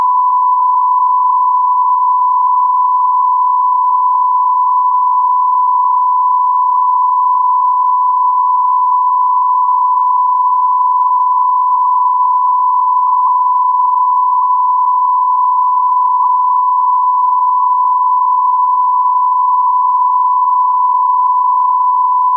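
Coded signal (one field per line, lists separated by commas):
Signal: radio time signal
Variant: Beta, RJH77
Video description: 06:46 : Unmodulated carrier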